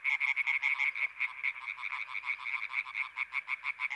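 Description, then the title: Several European tree frogs giving fast, raspy croaks in quick succession, their rhythms overlapping into a continuous pulsing chorus. Chorus on 21 May 1993 at a pond in Sologne, France, at night, an hour after dark, with intense calling activity. "Choeur de rainettes en Sologne"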